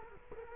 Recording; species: mosquito wingbeat signal from an infrared sensor; Culex quinquefasciatus